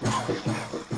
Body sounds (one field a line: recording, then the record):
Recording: coughing mixed with background sound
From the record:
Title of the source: Cough Around the Clock!